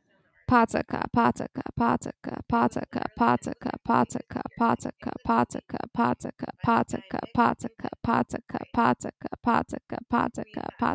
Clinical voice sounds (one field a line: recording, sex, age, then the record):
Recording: repeated syllables /pa ta ka/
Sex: female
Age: 20 to 29 years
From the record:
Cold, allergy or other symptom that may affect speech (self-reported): no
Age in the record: 24 years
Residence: New Jersey, United States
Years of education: 18